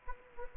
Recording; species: mosquito wingbeat signal from an infrared sensor; Anopheles gambiae